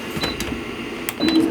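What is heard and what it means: The pull-out lower platen drawer of an HTVRont auto heat press is pushed in fairly hard along its rails into the press frame, with a lighter knock at 0.4 s. It clicks and locks into place at 1.1 s with a sharp snap, followed by a steady hum. The drawer is seated, and the press can now come down.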